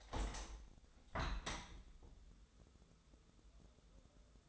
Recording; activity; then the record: daily activity, microphone in the room; open window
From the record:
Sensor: 3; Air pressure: 1014.9 hPa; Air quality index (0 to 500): 25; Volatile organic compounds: 0 ppm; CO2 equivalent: 502 ppm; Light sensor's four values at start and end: 9/22/9/9 and 10/22/9/9